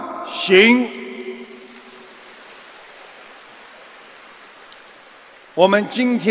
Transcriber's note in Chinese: 掌声